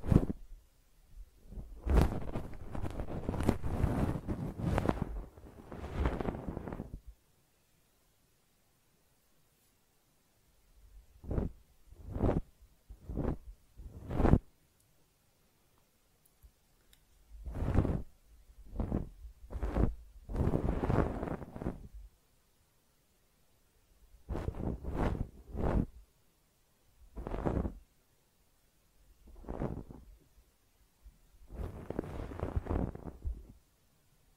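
Close up ear cleaning: bursts of crackly, scratchy rubbing alternate with stretches of near silence. A long dense scrape fills the first seven seconds, then shorter clusters of sharp brushing strokes and quick taps return irregularly, around 11–14, 18–22, 24–27 and 29–33 seconds.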